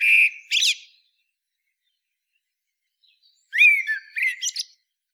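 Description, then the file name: Eurasian blackbird singing: a squeaky tail end of one phrase, a pause of about three seconds, then a rich low whistled phrase with a thin high flourish. "Turdus merula"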